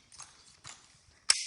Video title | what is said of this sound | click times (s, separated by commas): The Escape vs The Deluxe TravelScoots | that locks into place and can be picked up from here. | 1.3 s